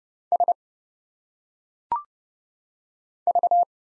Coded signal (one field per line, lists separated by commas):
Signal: Morse code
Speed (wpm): 30 wpm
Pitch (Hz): 700 Hz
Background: none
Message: S V